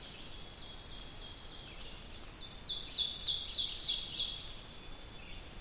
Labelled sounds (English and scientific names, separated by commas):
Ovenbird (Seiurus aurocapilla) song